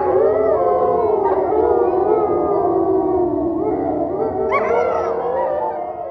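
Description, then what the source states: Wolf: group howl of wolves, layered long tones holding steady then gliding, a sharp higher cry breaking in near the end before the chorus fades. Wolves recorded at a wolf preserve.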